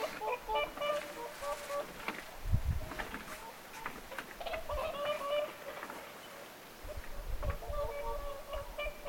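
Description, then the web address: Whooper swans honking in a loose chorus, fainter calls mixed with sharp knocks and low rumbling noise. Whooper swans calling at Lintulahti on 6 November 2025. "paivat 6 11 2025 laulujoutsenten aantelya lintulahdella"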